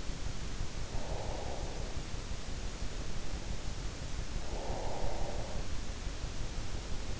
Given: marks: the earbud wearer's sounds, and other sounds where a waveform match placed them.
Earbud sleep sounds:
sounds in sleep by an in-ear microphone; breath
0.61-2.29 s: breath
4.16-5.94 s: breath

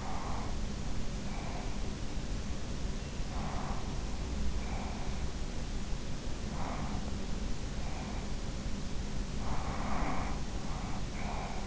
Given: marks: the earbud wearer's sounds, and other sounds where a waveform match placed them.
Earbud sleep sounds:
sounds in sleep by an in-ear microphone; breath
0.00-1.91 s: breath
3.26-5.34 s: breath
6.51-8.39 s: breath
9.37-11.67 s: breath

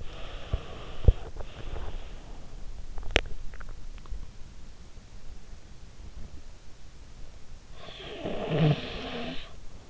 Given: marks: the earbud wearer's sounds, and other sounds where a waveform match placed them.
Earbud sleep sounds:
sounds in sleep by an in-ear microphone; breath, teeth grinding, snoring breath
0.00-2.49 s: breath
2.93-3.38 s: teeth grinding
7.65-9.56 s: snoring breath

